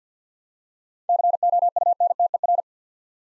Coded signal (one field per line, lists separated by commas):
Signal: Morse code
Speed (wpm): 53 wpm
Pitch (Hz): 700 Hz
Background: none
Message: COUNTER